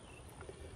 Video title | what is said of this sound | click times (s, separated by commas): Savage 64 F, 22 LR semi auto rifle. | tab right at the bottom a little lever you got to push up push in you'll hear it click | 0.4 s